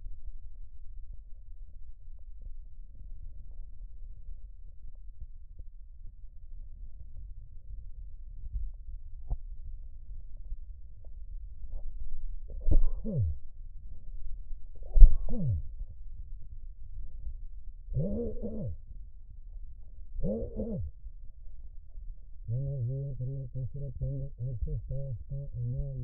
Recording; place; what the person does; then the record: lung sounds by stethoscope; left posterior apical chest; quiet breathing, then cough and speech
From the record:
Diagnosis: pulmonary infection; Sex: male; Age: 54 years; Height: 187 cm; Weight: 95 kg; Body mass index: 27.2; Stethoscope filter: extended mode